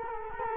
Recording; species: mosquito wingbeat signal from an infrared sensor; Culex quinquefasciatus